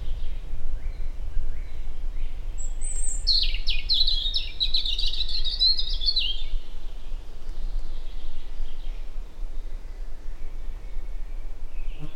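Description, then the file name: European robin song: one extended phrase of rapid high trills and twittering notes lasting about four seconds, then quiet with a constant low background hum. "Erithacus rubecula"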